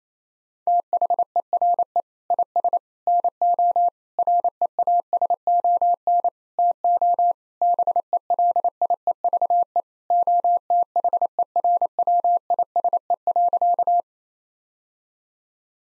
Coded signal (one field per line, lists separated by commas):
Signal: Morse code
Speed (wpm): 28 wpm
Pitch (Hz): 700 Hz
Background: none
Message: THERE IS NO REASON TO BELIEVE OTHERWISE.